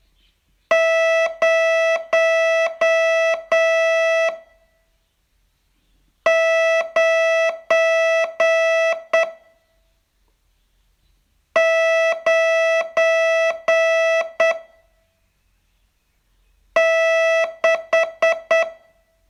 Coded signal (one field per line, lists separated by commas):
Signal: Morse code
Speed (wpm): 8 wpm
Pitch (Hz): 660 Hz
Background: none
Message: 0 9 9 6